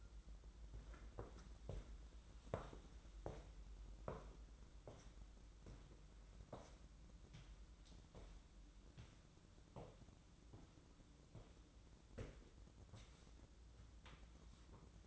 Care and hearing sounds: daily activity, microphone in the room; walk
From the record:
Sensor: 3

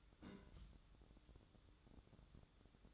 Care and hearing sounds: daily activity, microphone in the room; place on stove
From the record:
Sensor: 3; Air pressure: 1008.1 hPa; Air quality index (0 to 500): 126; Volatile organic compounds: 2 ppm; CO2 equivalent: 1047 ppm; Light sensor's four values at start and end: 9/20/8/8 and 9/20/8/8

